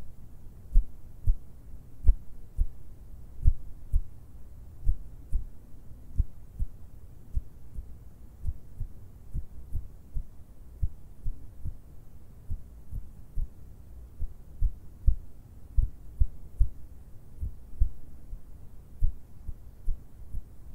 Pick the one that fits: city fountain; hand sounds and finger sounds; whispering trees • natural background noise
hand sounds and finger sounds